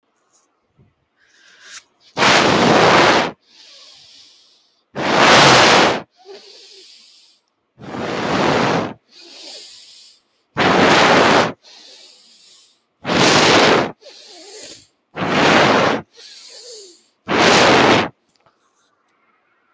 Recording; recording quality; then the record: deep breathing; excellent, no background noise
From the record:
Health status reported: healthy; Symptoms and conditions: none ticked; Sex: male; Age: 24 years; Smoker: not ticked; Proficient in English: yes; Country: India